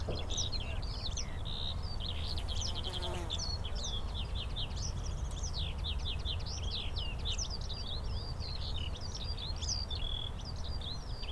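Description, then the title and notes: Eurasian skylark sings a rapid, continuous high warble of chirps and trills, over a low rumble throughout. Several skylarks singing in fields beside St. Isidore's wayside shrine, Sosna Góra, Siemianowice Śląskie, Poland, Saturday 18 May 2019; recorded with Zoom H5, Audio-Technica BP4025. "Unnamed Road, Siemianowice Śląskie, Polska - skowronek przy kapliczce św. Izydora. Sobota, 18 maja 2019. Wśród pól znajduje się kapliczka świętego Izydora na Sosnej Górze. W polu śpiewają skowronki i brzęczą owady. W tle słychać strzelnicę. Nagrania terenowe Siemianowic Śląskich - Dźwiękowy Portret Miasta"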